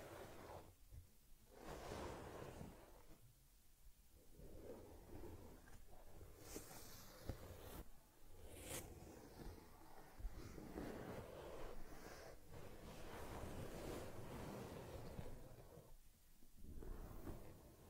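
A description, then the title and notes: Close soft brushing and rubbing sounds from grooming a teddy bear, with swishing strokes that rise and fade in irregular bursts. Brief quiet gaps fall near 1, 3.5 and 16.5 seconds, and a few sharp bright scrapes cut in around 6 to 9 seconds. Taking Care of Teddy Head Massage, Facial Cleansing, Fur Combing and Ear Cleaning.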